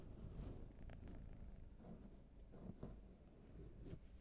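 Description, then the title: Cat purring, a soft steady low rumble with a faintly pulsing texture, broken by a few light clicks and rustles. Raw field recording. "Field Recs Purrathon RAW"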